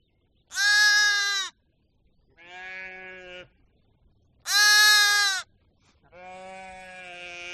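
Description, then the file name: Sheep giving four bleats that alternate between loud high-pitched quavering calls and lower, quieter baas. "audio hero Sheep"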